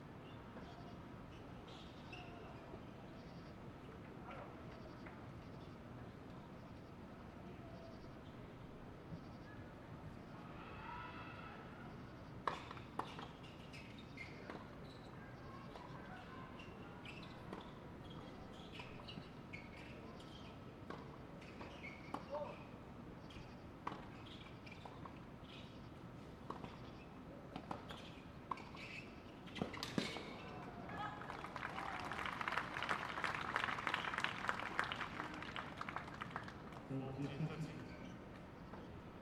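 Quiet chatter runs over a steady low rumble, with sharp scattered tennis-ball hits and a swelling wash of noise near the end.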